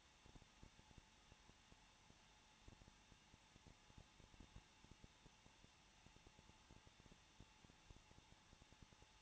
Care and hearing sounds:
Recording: daily activity, microphone in the room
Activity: no activity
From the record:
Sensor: 1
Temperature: 20.1 degrees Celsius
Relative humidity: 39.4%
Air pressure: 1006.4 hPa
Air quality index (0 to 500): 219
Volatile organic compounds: 83 ppm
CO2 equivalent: 3628 ppm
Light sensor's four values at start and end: 1/2/1/1 and 1/2/1/1

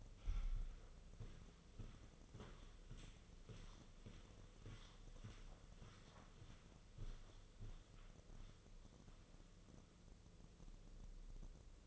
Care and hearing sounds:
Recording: daily activity, microphone in the room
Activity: walk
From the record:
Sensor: 4

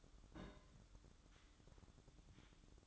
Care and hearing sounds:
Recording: daily activity, microphone in the room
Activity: place on stove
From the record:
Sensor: 3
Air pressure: 1008.0 hPa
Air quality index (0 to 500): 114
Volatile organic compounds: 1 ppm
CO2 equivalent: 947 ppm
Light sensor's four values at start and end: 9/21/8/8 and 9/21/8/8

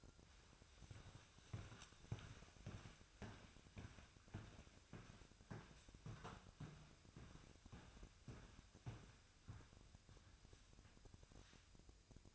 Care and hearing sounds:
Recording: daily activity, microphone in the room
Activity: walk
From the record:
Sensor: 2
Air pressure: 1001.5 hPa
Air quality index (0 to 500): 227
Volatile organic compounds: 26 ppm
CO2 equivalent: 2853 ppm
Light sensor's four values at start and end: 8/28/11/10 and 8/28/11/10

